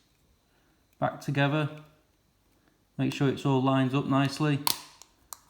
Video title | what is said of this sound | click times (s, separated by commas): Jaguar S-Type X-Type XJ and XJR Key Fob Battery Replacement | make sure it clicks all in place | 5.0 s, 5.3 s